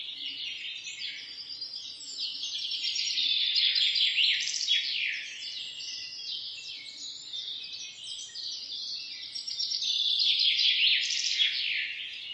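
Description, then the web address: Many birds twitter together in an unbroken high-pitched chatter that swells louder midway and again near the end. "sounds animals birds"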